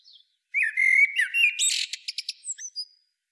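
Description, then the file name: Common blackbird singing one phrase: a mellow, fluty warble that slides and wavers, then breaks into a run of thin, squeaky, high twitters at the end. "Turdus merula"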